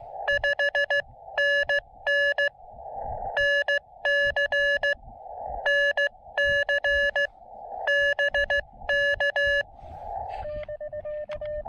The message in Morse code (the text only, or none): 5NN NC NC BK